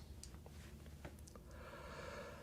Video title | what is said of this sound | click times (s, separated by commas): M9A3 "Full Metal Jacket" | It's got a nice pull down action that locks into place. | 0.2 s